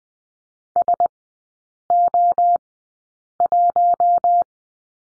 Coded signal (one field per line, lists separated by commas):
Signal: Morse code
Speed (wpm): 20 wpm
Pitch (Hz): 700 Hz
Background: none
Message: SO1